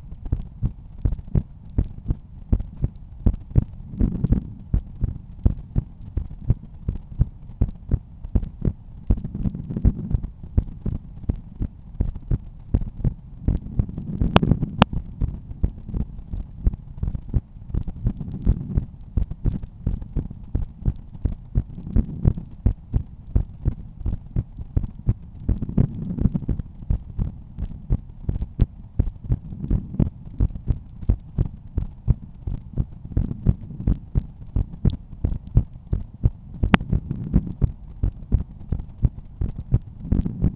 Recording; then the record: heart sounds by stethoscope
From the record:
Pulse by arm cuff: 82 bpm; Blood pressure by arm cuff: 120/80 mmHg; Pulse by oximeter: 82 bpm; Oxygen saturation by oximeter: 98%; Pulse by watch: 86 bpm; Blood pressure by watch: 114/75 mmHg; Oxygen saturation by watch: 94%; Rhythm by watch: sinus rhythm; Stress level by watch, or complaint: low stress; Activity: after 5 min smoking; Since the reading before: plus 100 steps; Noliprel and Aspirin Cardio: after pills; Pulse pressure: 40 mmHg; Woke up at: 6:50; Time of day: 21:50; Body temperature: 36.6 C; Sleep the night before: 8 h 16 min, score 66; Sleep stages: REM 20%, light 64%, deep 6%, awake 10%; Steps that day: 6850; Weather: rain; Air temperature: 17.3 C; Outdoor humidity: 90%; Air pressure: 1010 hPa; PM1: 1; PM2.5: 2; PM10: 3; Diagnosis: hypertension, treated with Noliprel and Aspirin Cardio 100 mg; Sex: male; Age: 53 years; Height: 174 cm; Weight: 81 kg